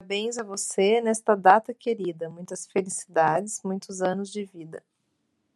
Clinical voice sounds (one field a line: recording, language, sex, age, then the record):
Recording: short text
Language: Brazilian Portuguese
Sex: female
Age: 40 to 49 years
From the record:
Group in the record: control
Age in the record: 45 years